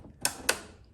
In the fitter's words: you're gonna push until you hear it go nice loud click there